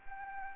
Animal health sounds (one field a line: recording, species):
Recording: mosquito wingbeat signal from an infrared sensor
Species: Anopheles arabiensis